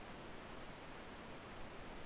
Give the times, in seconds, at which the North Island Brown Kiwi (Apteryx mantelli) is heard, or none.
none